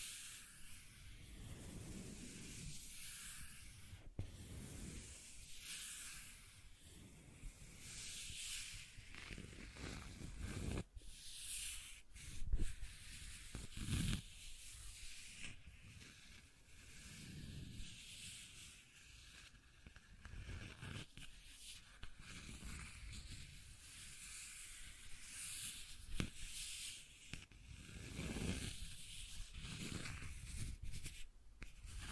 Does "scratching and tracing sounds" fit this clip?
yes